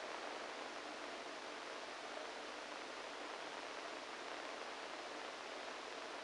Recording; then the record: brain microelectrode recording played as sound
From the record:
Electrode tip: inside the subthalamic nucleus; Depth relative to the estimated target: 1 mm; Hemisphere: right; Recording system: NeuroSet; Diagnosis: Parkinson's disease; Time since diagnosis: 14 years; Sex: male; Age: 51 years